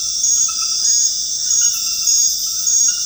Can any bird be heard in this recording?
no